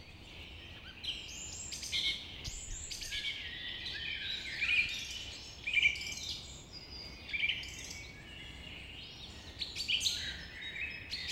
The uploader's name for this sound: Forrest Birds Singing